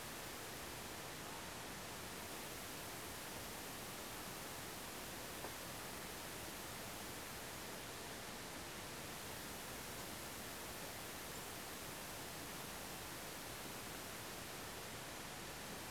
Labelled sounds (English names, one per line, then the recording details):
none
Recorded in France